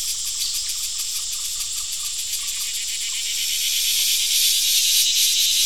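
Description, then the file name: Crickets chirping with quick, regular high pulses over a constant shrill buzz that grows a little louder toward the end. Crickets, with a cicada also present. "Digiffects Sound Effects Library - Crickets and a Cicada"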